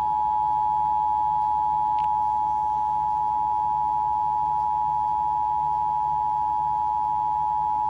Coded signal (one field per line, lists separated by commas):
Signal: Emergency Alert System (SAME) tones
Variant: 853 and 960 Hz attention tone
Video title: WBLI-FM Patchouge National EAS Test 10/4/23 2:20 pm EST